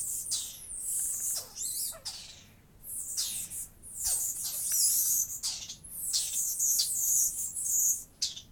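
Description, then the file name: Garden dormouse with high, raspy squeaks and twitters, many dropping sharply in pitch, coming in irregular clusters. "Laute Eliomys quercinus"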